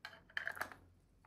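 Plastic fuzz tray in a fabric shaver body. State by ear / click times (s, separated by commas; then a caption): seated / 0.4 s. A plastic fuzz tray is pushed back into the body of a fabric shaver, giving a short series of sharp plastic clicks. The loudest click at 0.4 s marks the tray snapping into place, and it is seated.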